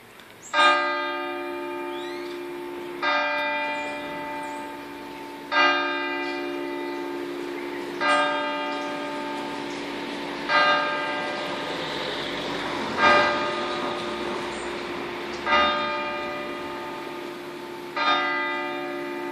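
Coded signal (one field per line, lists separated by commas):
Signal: clock strike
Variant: single church bell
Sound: a single church bell struck slowly about eight times, each ringing out before the next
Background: outdoor ambience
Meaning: Strikes the hour, here noon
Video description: h. 12:00: segnale orario sulla mezzana Re3 e distesa della mezzana.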